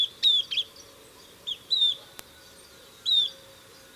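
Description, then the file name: Southern beardless tyrannulet giving a few high, thin, falling whistles, singly and in a pair, with a click in the middle. "Camptostoma obsoletum - Southern Beardless Tyrannulet"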